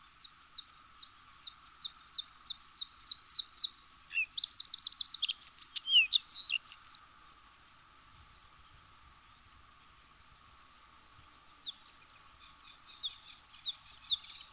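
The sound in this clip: Bluethroat song: a run of sharp, evenly spaced high ticks, then a varied burst of twangy, buzzy notes, a pause, then a further jumble of metallic chirps.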